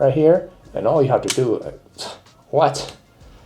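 An action camera is handled near its quick-release mount, the dock that is kept in the helmet, while someone talks. Nothing has seated or clicked into the mount yet.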